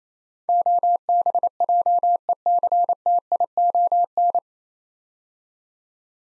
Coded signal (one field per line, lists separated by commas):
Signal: Morse code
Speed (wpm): 28 wpm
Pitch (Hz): 700 Hz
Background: none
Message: OBJECTION